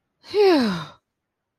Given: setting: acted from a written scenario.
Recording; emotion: vocal sound without words; relief